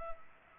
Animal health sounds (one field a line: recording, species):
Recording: mosquito wingbeat signal from an infrared sensor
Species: Culex pipiens